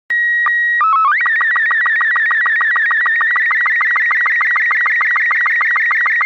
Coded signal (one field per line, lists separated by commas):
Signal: SSTV (slow-scan television)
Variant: Robot 36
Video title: SSTV Video from the International Space Station